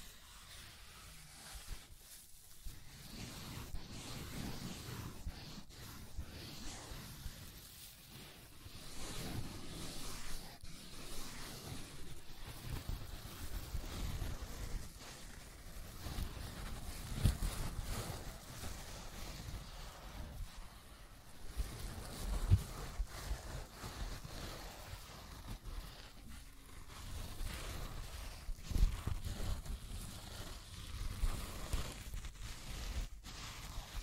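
Scratching and tracing sounds run without a break for the whole clip, a rough, grainy rasp that swells and eases in uneven strokes. A low rumble sits underneath, and a few sharper scrapes stand out near the middle and toward the end.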